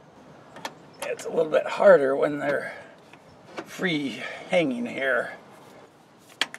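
A 3D printed TPU (flexible plastic) shock bushing is pressed into the eye of a 4Runner shock absorber hanging free on the truck. Someone talks while working it in, with a few faint taps along the way. The bushing pops into place with a sharp hit at 6.4 s, seated.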